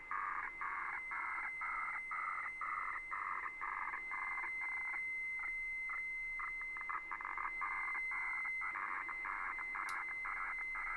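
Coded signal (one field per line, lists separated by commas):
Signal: weather fax (radiofax)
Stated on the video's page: HF weather fax received off shortwave.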